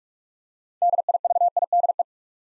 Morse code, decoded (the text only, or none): DIVIDE